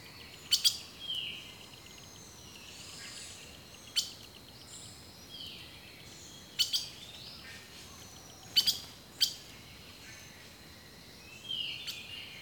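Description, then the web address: Birds singing with sharp high chips at uneven intervals and short whistles, over a steady shrill insect background. Rainforest birdsong. "The Natural Sounds of the Wilderness Echoes of Nature - Rainforest Birdsong"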